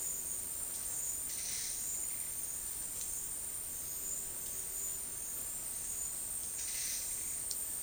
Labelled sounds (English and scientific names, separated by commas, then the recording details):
none
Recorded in dense forest near Puerto Asís, Putumayo, Colombia, on 20 February 2024 at 10:30
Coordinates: 0.485, -76.318
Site G6408